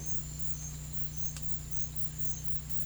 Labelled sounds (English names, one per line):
none